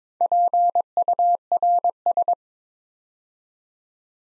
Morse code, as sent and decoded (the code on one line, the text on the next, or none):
.--. ..- .-. ...
PURS